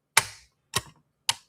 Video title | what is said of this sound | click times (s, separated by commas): This MIGHTY PFAFF 332 out of Ohio was destined for Zigzag ONLY..Now Terry's Beauty is Ready to Rock! | And then that snaps into place. | 0.2 s, 1.3 s